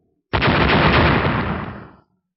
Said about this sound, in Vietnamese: Vô số quyền ảnh ngũ sắc cực lớn đánh tới bốn phương tám hướng, sau mỗi một quyền đập ra, hư không đều phát ra tiếng nổ lớn như lôi đình, giống như là mỗi một kích đều có uy lực cường đại như sấm sét.